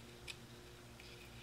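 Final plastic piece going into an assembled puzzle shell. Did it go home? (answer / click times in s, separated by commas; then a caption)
yes / 0.3 s, 1.0 s. The last diamond-shaped piece of a 3D-printed plastic edge-turning rhombic triacontahedron twisty puzzle is pressed into its slot in the assembled puzzle shell. Sharp clicks sound at 0.3 s and 1.0 s over a low steady hum. The piece seats and locks into place.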